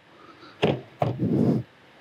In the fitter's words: it to 88 foot pounds, and then torque the nut down until it clicks.